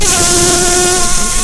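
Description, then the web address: Red-tailed bumblebee buzz: a steady, loud droning hum with a low fundamental and evenly stacked overtones, holding pitch with only slight wavering throughout. Queens. "bumblebees Lapidarius-queens"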